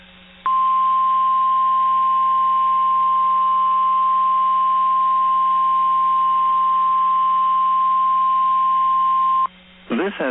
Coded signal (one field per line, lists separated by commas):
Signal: Emergency Alert System (SAME) tones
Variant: 1050 Hz attention tone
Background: speech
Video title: 5/24/23 BOX RWT On KEC73 EAS#346